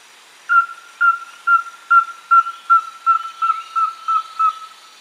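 Rusty-belted tapaculo calling with a rapid series of identical pure whistles at an even pitch, around eleven notes over four seconds, against a quiet background.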